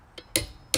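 A click-type torque wrench is borne down on the first lug nut of a Honda Pilot wheel. After a faint tick at about 0.2 s, sharp metallic clicks ring out at 0.4 s and 0.7 s, showing the wrench has reached its set torque.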